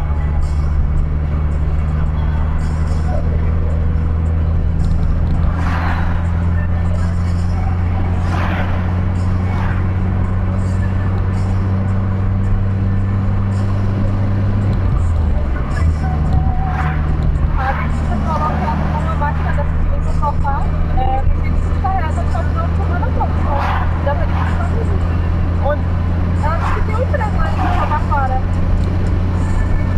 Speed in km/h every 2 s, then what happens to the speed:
68, 74, 77, 80, 84, 87, 89, 87, 88, 89, 93, 96, 97, 101, 103.
0-9 speeds up to 87. 9-17 steady at about 87. 17-30 speeds up to 103.